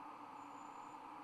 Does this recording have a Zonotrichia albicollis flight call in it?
no